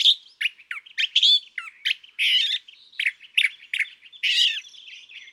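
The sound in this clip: California thrasher song, loud and dense, with harsh scraping phrases, slurred notes and a buzzy churring sound running between them.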